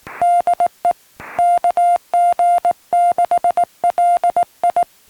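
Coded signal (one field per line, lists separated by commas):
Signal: Morse code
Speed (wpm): 18 wpm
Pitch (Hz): 690 Hz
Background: none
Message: DE KG6LI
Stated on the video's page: CW from a summit activation of Onyx Peak, restored recording.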